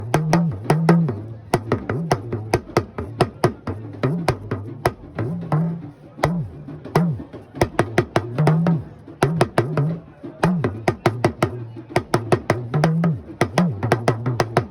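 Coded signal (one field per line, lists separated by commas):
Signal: talking drum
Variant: Yoruba dùndún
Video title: Yoruba Talking drum #yorubaculture #talkingdrum #talkingdrummer #africa #yoruba #madeforyou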